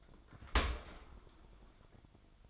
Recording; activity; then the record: daily activity, microphone in the room; open dishwasher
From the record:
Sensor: 5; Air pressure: 1003.2 hPa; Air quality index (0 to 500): 128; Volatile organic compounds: 1 ppm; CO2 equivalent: 939 ppm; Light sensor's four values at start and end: 69/167/70/79 and 69/167/70/78